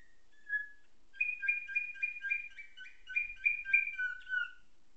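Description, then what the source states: Canary song of evenly spaced chopped notes, about a dozen in quick succession, ending with a short lower slurred note. Canary tutored with nightingale song ('isian').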